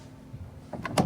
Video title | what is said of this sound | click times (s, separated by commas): The 2026 Mercedes GLB Electric: 390 Mile Range & 7 Seats?! Full Review | So just click into place and that's it. | 1.0 s